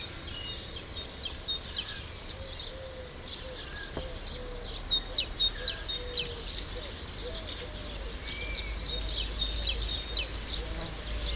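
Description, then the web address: True sparrows chirping in a dense, continuous flock chorus of short bright notes, with low soft notes underneath and steady background noise. "sound True-sparrows"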